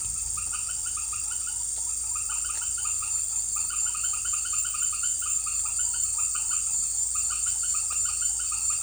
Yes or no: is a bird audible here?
no